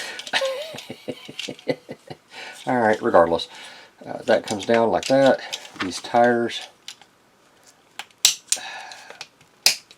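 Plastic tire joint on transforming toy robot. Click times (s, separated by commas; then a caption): 8.2 s, 9.7 s. Someone talks while the plastic tire pieces of a transforming toy robot are moved out to a position. After the talking stops, the plastic tire joint gives two sharp clicks at 8.3 s and 9.7 s as it moves out in two steps. The tires seat in place.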